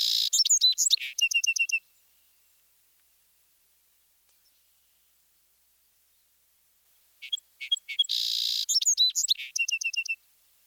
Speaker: Individual song sparrows give their own variations. Let's listen to several different birds.